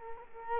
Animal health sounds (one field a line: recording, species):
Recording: mosquito wingbeat signal from an infrared sensor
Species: Culex quinquefasciatus